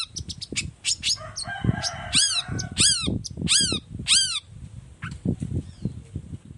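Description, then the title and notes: Long-tailed shrike song: sharp high notes and harsh, arched buzzy phrases in irregular bursts, over low rumbling background noise. Morning song, used as a lure so that other shrikes of any kind reply quickly and open their beaks; varied sound with 'toet toet' notes. "Cendet Gacor Dor Di Kala Pagi Toet Toet Variasi Suara J. Respon Cepat.! Cendet Gacor Efektif Pancingan Buat Cendet Jenis Apapun Agar Cepat Nyaut Buka Paruh. Burung cendet"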